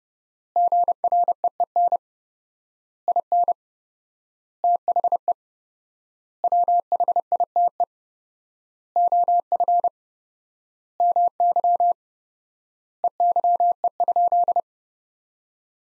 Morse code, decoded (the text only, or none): GREEN IN THE WHITE OF MY EYE?